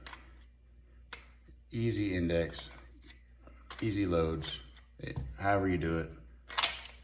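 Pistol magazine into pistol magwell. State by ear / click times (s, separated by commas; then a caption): seated / 6.6 s. A pistol magazine is inserted into the flared magwell of a Ruger RXM pistol grip while someone talks. The magazine snaps home and seats with a sharp click at 6.6 seconds.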